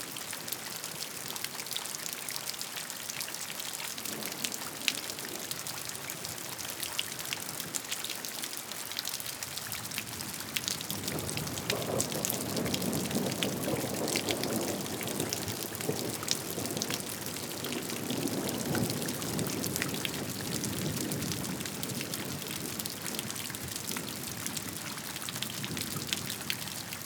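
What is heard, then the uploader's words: Gentle raindrops patter steadily and densely on a surface, with a soft lower wash swelling in after about ten seconds. Gentle raindrops.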